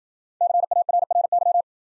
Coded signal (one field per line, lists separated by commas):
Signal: Morse code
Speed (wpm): 52 wpm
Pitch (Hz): 700 Hz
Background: none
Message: CARRY